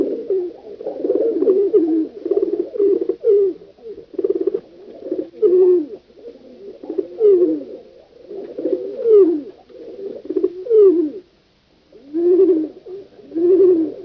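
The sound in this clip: Pigeon cooing: soft, low, throaty coos in rolling bursts, repeated throughout with short pauses, one longer gap near the end.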